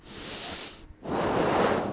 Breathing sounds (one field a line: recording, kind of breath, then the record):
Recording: one breath in and out by a microphone near the nose and mouth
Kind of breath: deep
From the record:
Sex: male